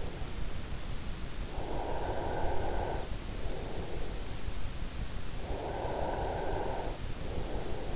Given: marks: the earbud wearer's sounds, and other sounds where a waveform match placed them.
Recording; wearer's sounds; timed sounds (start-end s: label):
sounds in sleep by an in-ear microphone; breath
0.97-7.96 s: breath